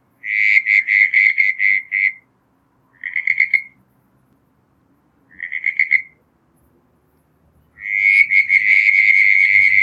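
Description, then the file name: Southern brown tree frog repeating bursts of quick pulsed notes, a long series, two shorter ones, then a long rasping run at the end. "Litoria ewingii"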